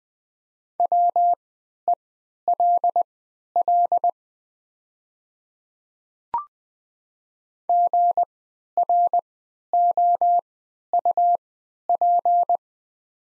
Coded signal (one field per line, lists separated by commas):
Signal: Morse code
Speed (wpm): 20 wpm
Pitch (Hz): 700 Hz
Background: none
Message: WELL GROUP